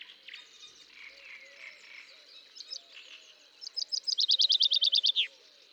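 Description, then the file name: Common chaffinch song: a fast run of repeated bright notes ending in a final downward flourish, after quieter chirps. "Fringilla coelebs"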